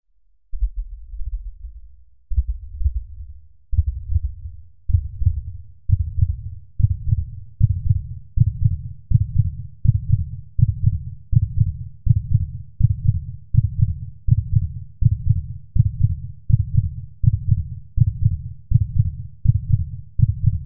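Deep, muffled thumps start slow, about two seconds apart, then quicken steadily and settle into a regular pace of roughly 75 to 80 beats a minute. It is a sound effect of a human heartbeat speeding up.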